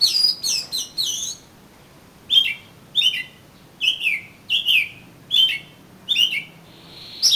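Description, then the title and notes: Oriental magpie-robin singing: a quick burst of bright whistles, then a pause, then a steady run of falling slurred whistles. "suara kacer. kumpulan suara burung kacer"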